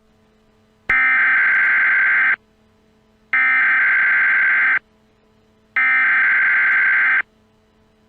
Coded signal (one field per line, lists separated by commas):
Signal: Emergency Alert System (SAME) tones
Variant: header bursts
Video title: EAS Scenario: Possessed